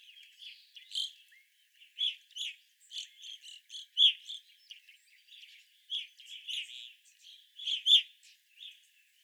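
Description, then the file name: Evening grosbeak calls, short chirped notes in small clusters separated by brief gaps, several birds calling. Evening grosbeaks, several birds, recorded 25 April 2021. "2021-04-25 Evening Grosbeaks"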